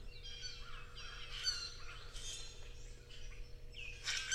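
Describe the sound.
Bird song, a busy stream of varied chirps, trills and short whistled notes, with several overlapping bursts and a steady low hum throughout.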